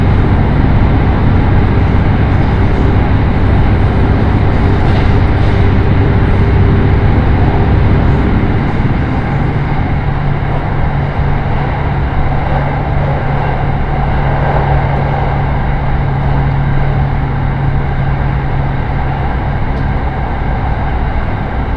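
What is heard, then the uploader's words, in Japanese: A train ride on the Echigo Tokimeki Railway: a steady, dense rumble of running gear that stays at an even loudness throughout. A low motor hum holds its pitch, then shifts to a different steady tone around the eight-second mark and carries on to the end. 耳で楽しむ鉄道旅 えちごトキめき鉄道 高田→直江津→糸魚川。ディーゼルカー1両で足りてしまいます。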